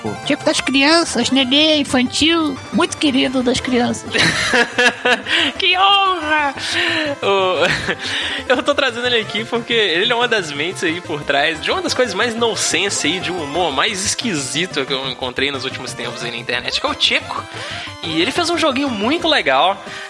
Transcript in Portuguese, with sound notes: Tcheco das crianças, neném infantil, muito querido das crianças.
[Risos] Que honra! Eu tô trazendo ele aqui porque ele é uma das mentes aí por trás de uma das coisas mais nonsense aí, de um humor mais esquisito que eu encontrei nos últimos tempos aí na internet, que é o Tcheco, e ele fez um joginho muito legal,